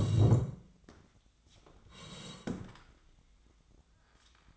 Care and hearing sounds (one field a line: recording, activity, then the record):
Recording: daily activity, microphone in the room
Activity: sit down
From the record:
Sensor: 3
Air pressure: 1012.2 hPa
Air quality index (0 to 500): 174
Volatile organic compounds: 3 ppm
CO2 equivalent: 1336 ppm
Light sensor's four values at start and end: 69/168/77/83 and 106/231/112/126